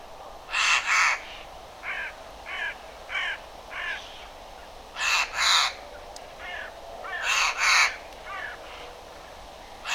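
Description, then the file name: Eurasian jay giving harsh, rasping screeches, mostly in pairs, with softer, shorter croaks between them. "Garrulus glandarius"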